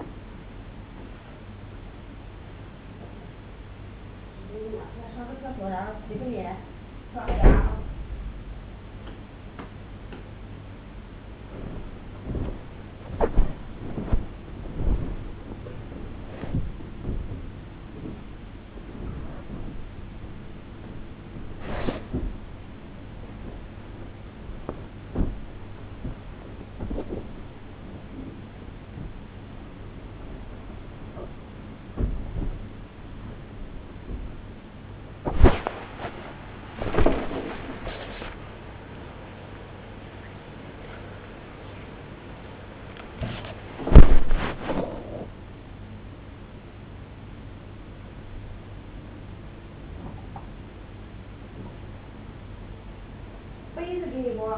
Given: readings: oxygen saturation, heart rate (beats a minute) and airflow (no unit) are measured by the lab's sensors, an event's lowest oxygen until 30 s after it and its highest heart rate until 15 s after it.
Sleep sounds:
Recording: a person awake in a sleep study, by a voice recorder at the bedside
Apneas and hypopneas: none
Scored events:
0.00-54.58 s: awake
0.00-54.58 s: awake
From the record:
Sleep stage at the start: awake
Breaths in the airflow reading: 18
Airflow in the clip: -0.7 to 0.8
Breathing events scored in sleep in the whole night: 103 in 8.4 hours asleep

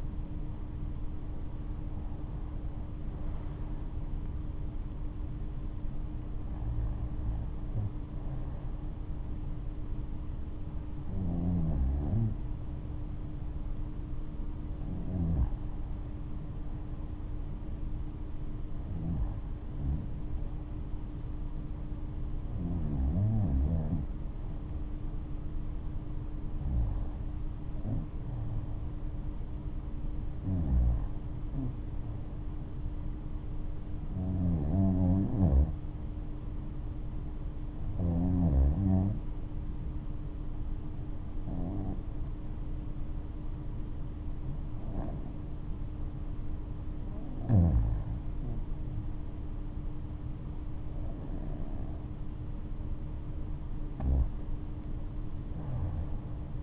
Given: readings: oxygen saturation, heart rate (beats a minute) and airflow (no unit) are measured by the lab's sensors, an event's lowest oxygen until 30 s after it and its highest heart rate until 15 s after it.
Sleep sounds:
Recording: breathing in sleep by a smartphone at the bedside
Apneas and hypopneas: 1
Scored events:
12.00-47.40 s: hypopnea (REM, oxygen 96% highest, then 91% lowest, heart rate 71 at the start, 74 highest)
From the record:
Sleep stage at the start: REM sleep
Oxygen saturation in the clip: 90 to 96%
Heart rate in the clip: 65 to 75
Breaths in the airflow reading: 13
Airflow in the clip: -10.1 to 11.7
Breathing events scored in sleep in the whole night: 228 in 5.4 hours asleep

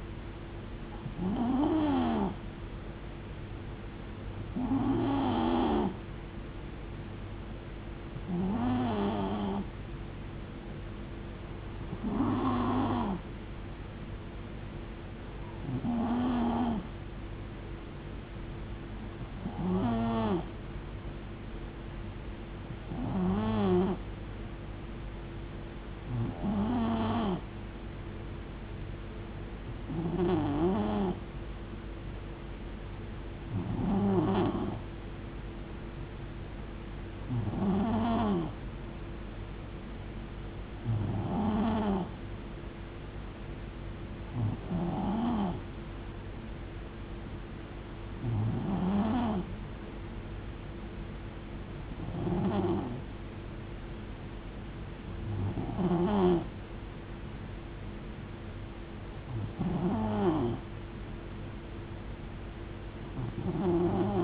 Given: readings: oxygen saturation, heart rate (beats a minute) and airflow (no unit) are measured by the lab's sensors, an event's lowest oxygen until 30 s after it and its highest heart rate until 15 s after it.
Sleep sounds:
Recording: breathing in sleep by a voice recorder at the bedside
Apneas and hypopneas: none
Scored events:
14.00-64.24 s: new sleep stage, N2 (light sleep)
From the record:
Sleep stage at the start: N3 (deep sleep)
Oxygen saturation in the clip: 90 to 92%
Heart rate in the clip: 63 to 76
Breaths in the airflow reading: 17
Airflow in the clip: -4.5 to 2.9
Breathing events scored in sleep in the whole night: 389 in 6.3 hours asleep

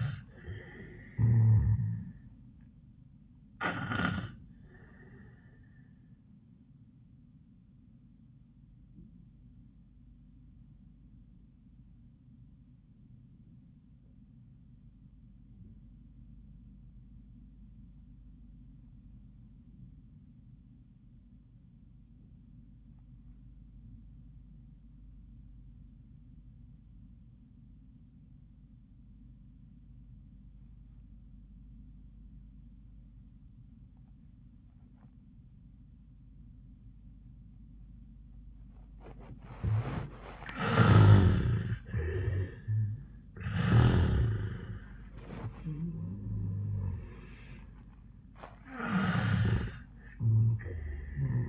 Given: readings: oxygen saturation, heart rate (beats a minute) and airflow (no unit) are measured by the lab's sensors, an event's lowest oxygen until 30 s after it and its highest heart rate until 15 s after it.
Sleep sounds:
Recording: breathing in sleep by a smartphone at the bedside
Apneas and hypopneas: 1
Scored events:
3.00-39.50 s: obstructive apnea (N1, oxygen 94% highest, then 71% lowest, heart rate 87 at the start, 91 highest)
17.00-51.48 s: new sleep stage, REM sleep
From the record:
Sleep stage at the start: N1 (lightest sleep)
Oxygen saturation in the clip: 69 to 94%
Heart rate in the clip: 72 to 91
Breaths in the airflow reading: 5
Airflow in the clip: -23.2 to 15.0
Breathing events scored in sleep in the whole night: 400 in 8.7 hours asleep

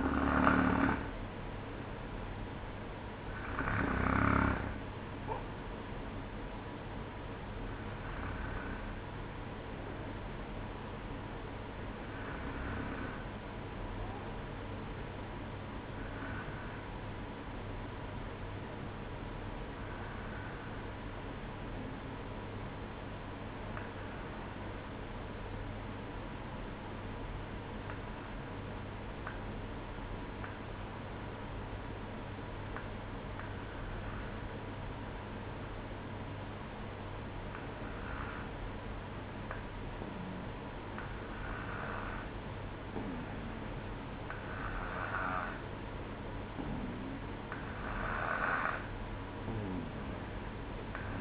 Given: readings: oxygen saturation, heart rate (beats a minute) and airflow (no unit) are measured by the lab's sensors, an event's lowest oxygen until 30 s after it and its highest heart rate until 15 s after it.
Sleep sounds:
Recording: breathing in sleep by a voice recorder at the bedside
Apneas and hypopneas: 1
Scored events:
3.00-33.00 s: new sleep stage, N1 (lightest sleep)
26.00-42.30 s: obstructive apnea (N1, oxygen 94% highest, then 92% lowest, heart rate 58 at the start, 61 highest)
33.00-51.21 s: new sleep stage, N2 (light sleep)
From the record:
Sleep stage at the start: N2 (light sleep)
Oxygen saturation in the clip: 92 to 94%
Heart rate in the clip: 58 to 63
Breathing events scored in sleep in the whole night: 305 in 9.6 hours asleep

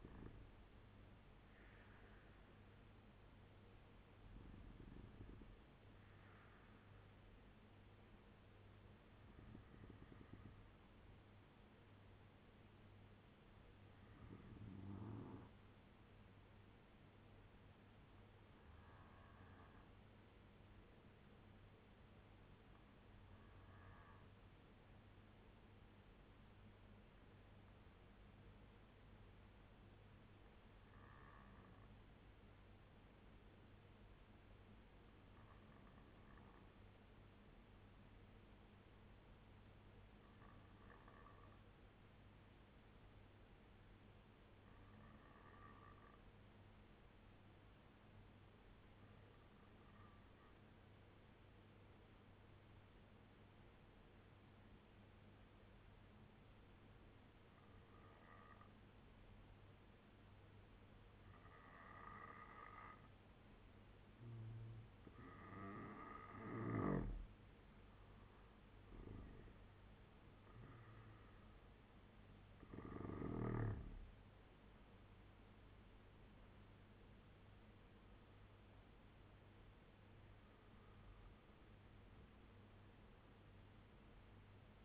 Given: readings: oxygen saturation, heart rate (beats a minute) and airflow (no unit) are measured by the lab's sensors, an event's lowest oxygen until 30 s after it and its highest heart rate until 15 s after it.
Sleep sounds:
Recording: breathing in sleep by a voice recorder at the bedside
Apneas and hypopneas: 1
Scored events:
32.00-64.90 s: obstructive apnea (N2, oxygen 95% highest, then 86% lowest, heart rate 74 at the start, 83 highest)
From the record:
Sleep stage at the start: N2 (light sleep)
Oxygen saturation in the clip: 84 to 96%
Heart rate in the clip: 68 to 83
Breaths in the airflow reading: 10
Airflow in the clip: -7.5 to 8.7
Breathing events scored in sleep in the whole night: 201 in 6.5 hours asleep

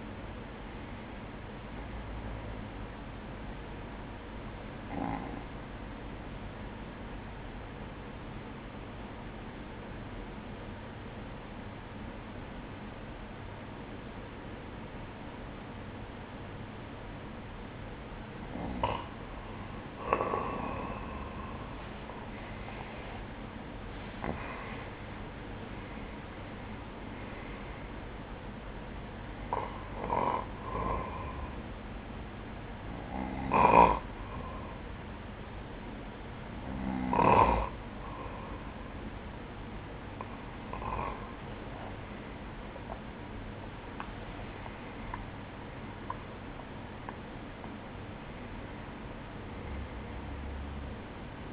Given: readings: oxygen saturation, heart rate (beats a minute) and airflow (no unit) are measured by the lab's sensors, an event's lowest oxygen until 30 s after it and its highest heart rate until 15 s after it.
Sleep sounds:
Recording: breathing in sleep by a voice recorder at the bedside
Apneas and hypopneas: 2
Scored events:
5.00-22.30 s: obstructive apnea (N1, oxygen 97% highest, then 94% lowest, heart rate 63 at the start, 71 highest)
30.00-47.10 s: hypopnea (N1, oxygen 96% highest, then 94% lowest, heart rate 71 at the start, 71 highest)
From the record:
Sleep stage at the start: N1 (lightest sleep)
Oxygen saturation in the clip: 94 to 97%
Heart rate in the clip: 56 to 75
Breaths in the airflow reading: 10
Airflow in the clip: -13.8 to 12.2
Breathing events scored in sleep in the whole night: 180 in 6.7 hours asleep

